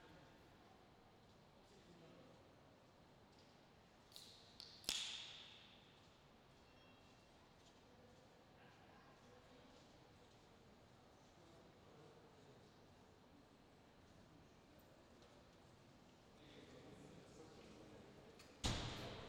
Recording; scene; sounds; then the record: everyday scene through a hearing-aid microphone; reverberant space; background noise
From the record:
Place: railway station hall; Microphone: in the ear canal, left